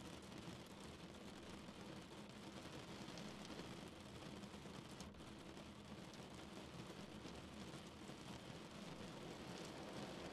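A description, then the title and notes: Rain falls at a window in a steady, dense hiss with a low rumbling undertone, unchanging throughout except a brief dip near five seconds. Rain at your window.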